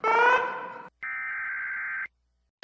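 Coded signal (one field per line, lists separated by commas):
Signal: Emergency Alert System (SAME) tones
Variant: header bursts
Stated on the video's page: Fictional EAS alarm for Antarctica territories.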